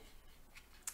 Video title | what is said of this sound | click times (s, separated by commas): What's The Difference Between Paper Trimmers vs Guillotines? - Craft Product Comparison | that pops in here so you're sliding that in until it clicks and then you | 0.9 s